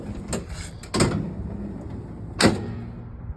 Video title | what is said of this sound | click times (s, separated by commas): 2021 American Coach Eagle 45G tutorial | and then locks into place, and then to unlock it, to push it back in, same thing. | 2.4 s